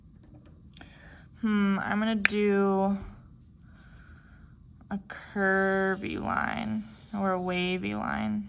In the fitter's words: i left it like that make sure you hear it click when you do it so you don't let your markers dry out